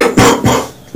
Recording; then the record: coughing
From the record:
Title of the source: Spring Cold Coughing 3